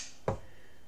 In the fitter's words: you hear how that Magpul magazine just clicks right in there I mean it's a positive click